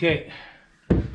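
Someone talks while a window frame section is pushed against the adjoining frame section. At 0.9 s a sharp click sounds as their interlocking edges lock together and seat, followed by a softer knock at 1.2 s.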